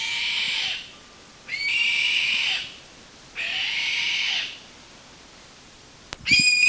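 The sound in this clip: Bird making long hoarse screeches, three drawn-out rasping calls about a second each, then a click before a fourth call begins.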